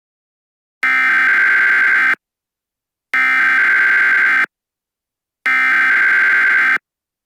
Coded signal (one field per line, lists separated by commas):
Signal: Emergency Alert System (SAME) tones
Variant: header bursts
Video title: [EAS SCENARIO] March 22nd 2007 Tsunami